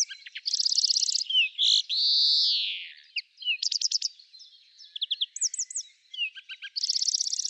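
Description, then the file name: European greenfinch song: a long nasal wheeze that slides downward, set among rapid trills and chirps, with a final buzzing trill. "Chloris chloris"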